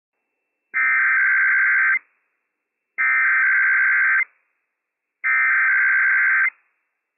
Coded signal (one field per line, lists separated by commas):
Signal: Emergency Alert System (SAME) tones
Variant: header bursts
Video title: We made it to 200! - IPAWS Required Weekly Test - WWF56 - EAS #200 - 11:00 AM PST 11/22/21